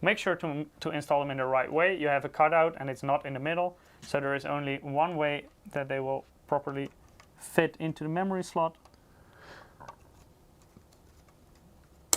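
Someone talks while a RAM stick is lined up by its off-centre notch, which lets it fit only one way, and pressed into a motherboard memory slot. After the talking stops come a few faint handling taps, then a single sharp, loud click at 12.1 s as the module seats in the slot.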